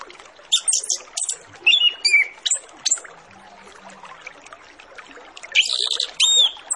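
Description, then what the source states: Orange-headed Thrush song in short separate phrases of high, sharp, slurred whistles, spaced irregularly, then a dense squeaky burst near the end, with hissing chatter throughout. Lure recording of full song with fill-in phrases (isian), used to prompt Orange-headed Thrushes to start singing quickly (ngeplong).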